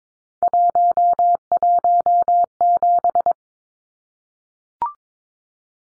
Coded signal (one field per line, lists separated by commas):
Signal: Morse code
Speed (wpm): 22 wpm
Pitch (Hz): 700 Hz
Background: none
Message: 117